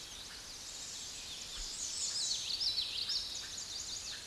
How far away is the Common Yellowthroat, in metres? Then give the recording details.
about 15 m. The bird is about level with the microphone. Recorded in a Pennsylvania forest on 16 May 2024 at 06:15. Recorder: AudioMoth, point MSD-1411. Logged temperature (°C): 16.1 °C. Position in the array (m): 43 m, 170 m